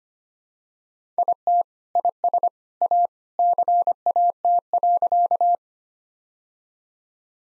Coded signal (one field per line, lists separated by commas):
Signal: Morse code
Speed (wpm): 25 wpm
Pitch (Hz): 700 Hz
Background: none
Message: IT IS A CAT.